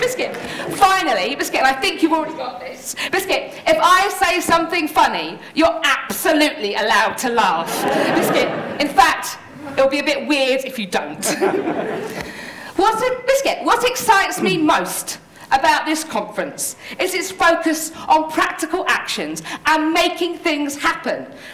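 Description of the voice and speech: Adult woman giving a talk at a children's media conference, her fluent speech repeatedly broken by the involuntary vocal tic "biscuit" and once by "hedgehog", with a brief laugh. Tourette syndrome, a neurological condition causing movements and noises she cannot control, called tics.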